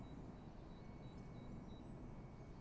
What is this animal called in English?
Great Tit